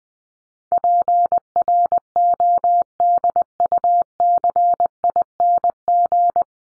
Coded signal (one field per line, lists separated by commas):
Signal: Morse code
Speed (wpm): 20 wpm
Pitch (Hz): 700 Hz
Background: none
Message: PRODUCING